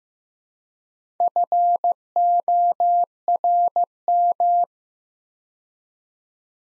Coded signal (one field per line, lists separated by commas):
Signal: Morse code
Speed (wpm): 15 wpm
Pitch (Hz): 700 Hz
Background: none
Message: FORM